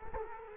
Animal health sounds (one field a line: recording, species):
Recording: mosquito wingbeat signal from an infrared sensor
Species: Culex quinquefasciatus